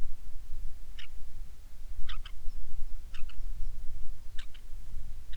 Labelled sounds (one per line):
bird